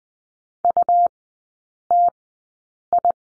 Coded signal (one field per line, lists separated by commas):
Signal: Morse code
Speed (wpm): 20 wpm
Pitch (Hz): 700 Hz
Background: none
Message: UTI